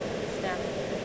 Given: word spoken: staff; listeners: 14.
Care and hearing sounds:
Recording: one English word in noise, from a listening test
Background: speech-shaped noise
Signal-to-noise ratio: -6.4 dB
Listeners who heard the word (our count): 2 of 14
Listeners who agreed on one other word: 7 of 14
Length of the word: 0.65 s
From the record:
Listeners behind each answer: 7, 2, 1, 1, 1, 1, 1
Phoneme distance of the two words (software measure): 27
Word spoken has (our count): 1 syllable, 4 phonemes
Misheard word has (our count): 1 syllable, 5 phonemes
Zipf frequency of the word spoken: 4.95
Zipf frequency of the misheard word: 4.20

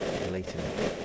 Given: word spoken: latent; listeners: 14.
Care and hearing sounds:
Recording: one English word in noise, from a listening test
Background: noise modulated by three-talker babble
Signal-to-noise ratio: -3.9 dB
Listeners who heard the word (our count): 1 of 14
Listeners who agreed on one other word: 8 of 14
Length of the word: 0.65 s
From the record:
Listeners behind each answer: 8, 4, 1, 1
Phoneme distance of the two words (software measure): 7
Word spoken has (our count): 2 syllables, 5 phonemes, stress on syllable 1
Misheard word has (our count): 2 syllables, 6 phonemes, stress on syllable 1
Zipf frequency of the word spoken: 2.59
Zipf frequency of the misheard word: 3.19

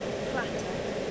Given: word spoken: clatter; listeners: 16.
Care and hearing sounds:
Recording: one English word in noise, from a listening test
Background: speech-shaped noise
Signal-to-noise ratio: -7.0 dB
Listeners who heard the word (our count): 3 of 16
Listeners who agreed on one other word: 10 of 16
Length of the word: 0.71 s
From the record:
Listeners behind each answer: 10, 3, 1, 1, 1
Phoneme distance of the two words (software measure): 10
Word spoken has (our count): 2 syllables, 5 phonemes, stress on syllable 1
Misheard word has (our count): 2 syllables, 5 phonemes, stress on syllable 1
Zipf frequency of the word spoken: 3.31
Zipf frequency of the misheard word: 3.28

